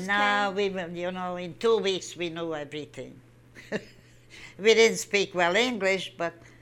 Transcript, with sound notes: No, we were, you know, in two weeks we knew everything. (she laughs) We didn't speak well English but,